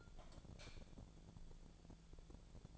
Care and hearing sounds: daily activity, microphone in the room; light off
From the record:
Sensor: 5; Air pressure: 1000.2 hPa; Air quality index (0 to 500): 98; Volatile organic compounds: 1 ppm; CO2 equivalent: 795 ppm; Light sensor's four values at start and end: 148/354/149/163 and 148/352/149/162

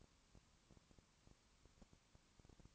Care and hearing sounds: daily activity, microphone in the room; no activity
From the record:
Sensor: 1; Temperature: 19.2 degrees Celsius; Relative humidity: 37.8%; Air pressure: 1001.1 hPa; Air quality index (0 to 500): 198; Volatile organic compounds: 7 ppm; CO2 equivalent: 1995 ppm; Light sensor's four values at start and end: 1/2/1/1 and 1/2/1/1

